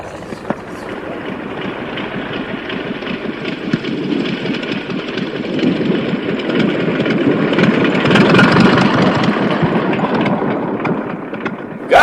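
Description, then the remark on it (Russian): A propeller airplane flown by staff captain Pyotr Nesterov from Kiev drones steadily as it spirals down to land, a rough, throbbing hum that swells louder midway through and holds, with no voices. “Снижается. Прямо сюда. Да чего же красиво приземляется, господа. Спиральным спуском.”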